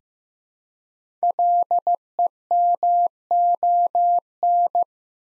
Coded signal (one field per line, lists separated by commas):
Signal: Morse code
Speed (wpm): 15 wpm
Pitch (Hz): 700 Hz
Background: none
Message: LEMON